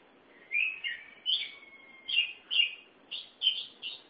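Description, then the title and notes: Oriental magpie-robin song: a few loud slurred whistles with a long thin steady note between them, then quick clear notes. "Suara Kicauan Burung Kacer Durasi Panjang. Suara kicauan burung kacer format mp3 durasi panjang"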